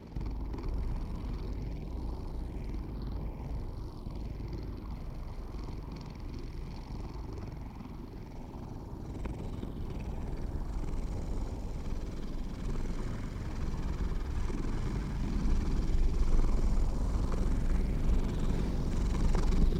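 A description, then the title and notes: A cat purrs, a deep, dense, continuous rumble that sits low and barely lets up. The throbbing texture stays steady throughout, growing slightly louder over the last several seconds, with only a faint hiss above it. Cosmic Cat Purrfest Meditation.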